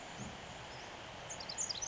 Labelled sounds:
Pacific Wren

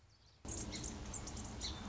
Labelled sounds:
Song Sparrow

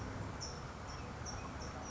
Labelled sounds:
California Towhee

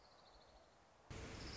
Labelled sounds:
Orange-crowned Warbler

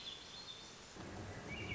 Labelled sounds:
Swainson's Thrush

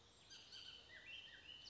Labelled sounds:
Bullock's Oriole

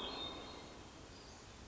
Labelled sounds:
Hermit Thrush

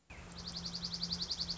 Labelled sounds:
Dark-eyed Junco

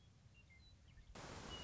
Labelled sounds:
Western Meadowlark

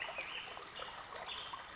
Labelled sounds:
Western Flycatcher

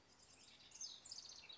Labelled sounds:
House Wren

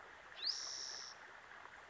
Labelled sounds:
Spotted Towhee

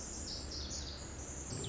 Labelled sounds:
Pacific Wren

